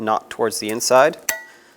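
Someone talks while a metal brake pad anti-rattle clip is handled and pressed toward the caliper bracket, tabs facing outward, during rear brake caliper replacement on a 2008-2010 Ford F-450. A short metallic tap near 1.3 s rings briefly and fades. Nothing has seated or clicked on yet.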